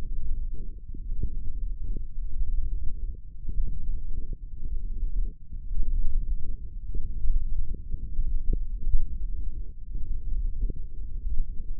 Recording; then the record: forearm muscle sounds (acoustic myography)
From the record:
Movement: tripod grip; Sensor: system 1, eight BSWA MPA416 microphones around the upper forearm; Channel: 5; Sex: male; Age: 18 years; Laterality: right